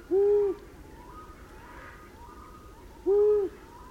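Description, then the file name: Long-eared owl: two low, level hoots about three seconds apart, each lasting under half a second, with faint bird notes behind. "Gufo Comune"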